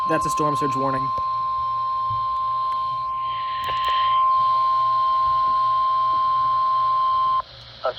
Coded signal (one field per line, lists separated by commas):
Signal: Emergency Alert System (SAME) tones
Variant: 1050 Hz attention tone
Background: speech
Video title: Hurricane Isaias - EAS Alerts 583-600 + HURRICANE FOOTAGE